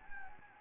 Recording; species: mosquito wingbeat signal from an infrared sensor; Anopheles gambiae